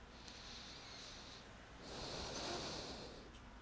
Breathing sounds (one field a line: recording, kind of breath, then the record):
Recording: one breath in and out by a microphone near the nose and mouth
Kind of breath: deep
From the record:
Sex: male